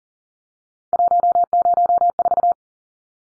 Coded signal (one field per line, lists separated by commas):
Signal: Morse code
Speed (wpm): 40 wpm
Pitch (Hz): 700 Hz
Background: none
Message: 104